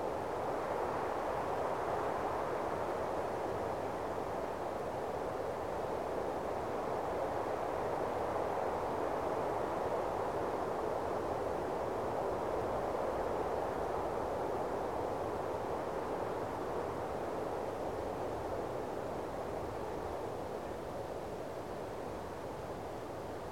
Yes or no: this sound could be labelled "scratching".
no